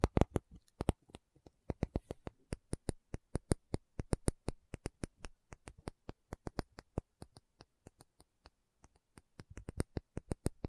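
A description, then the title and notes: A tapping session with no talking: sharp, crisp taps land one after another for the whole stretch. The pace shifts between quick clustered runs and brief gaps, with the densest bursts near the start and again just before the end. Tapping Session (No Talking).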